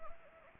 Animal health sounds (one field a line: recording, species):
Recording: mosquito wingbeat signal from an infrared sensor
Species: Anopheles arabiensis